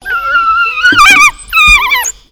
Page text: Animal African Wild Dog Yelping. Wild Dogs in a zoo habitat